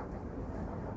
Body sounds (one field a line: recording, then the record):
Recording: background sound without coughing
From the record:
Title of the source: Train Ride Ambience ambient white noise for sleeping, focus, studying, reading